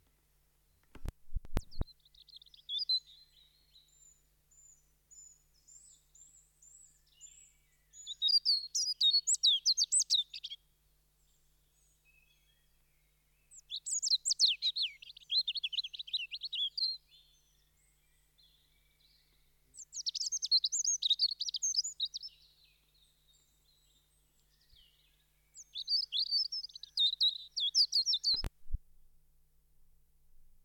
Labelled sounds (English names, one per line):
European Robin song